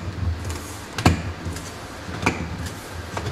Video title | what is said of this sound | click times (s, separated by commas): Replacing an LED Panel | you just going to go easily and just snap it in place along the cover | 1.1 s, 2.3 s, 3.2 s